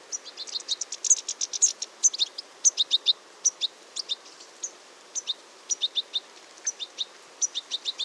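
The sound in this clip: European goldfinch giving high, liquid twittering calls in quick clusters, notes bunched irregularly with short pauses between bursts.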